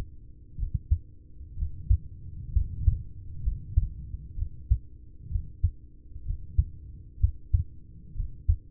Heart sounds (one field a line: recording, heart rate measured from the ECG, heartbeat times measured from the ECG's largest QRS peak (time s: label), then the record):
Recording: heart sounds by stethoscope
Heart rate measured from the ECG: 63 bpm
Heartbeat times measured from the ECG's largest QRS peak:
0.55 s: heartbeat
1.54 s: heartbeat
2.50 s: heartbeat
3.40 s: heartbeat
4.34 s: heartbeat
5.27 s: heartbeat
6.22 s: heartbeat
7.17 s: heartbeat
8.12 s: heartbeat
From the record:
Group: heart failure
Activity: rest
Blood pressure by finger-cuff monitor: 94/52 mmHg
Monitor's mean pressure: 65 mmHg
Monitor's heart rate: 62 bpm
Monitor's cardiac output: 5.6 L/min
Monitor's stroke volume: 89 mL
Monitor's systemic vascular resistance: 820 dyn s/cm5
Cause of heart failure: ischemic heart disease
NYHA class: 1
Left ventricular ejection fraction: 33%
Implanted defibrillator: present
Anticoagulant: apixaban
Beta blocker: carvedilol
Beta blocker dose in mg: 18.75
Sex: male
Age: 39 years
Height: 168 cm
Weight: 72 kg